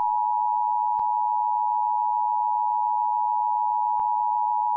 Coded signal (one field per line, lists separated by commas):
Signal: Emergency Alert System (SAME) tones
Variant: 853 and 960 Hz attention tone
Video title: JKCL Grounds Nice JKCL/Grounded With EAS Severe Thunderstorm Warning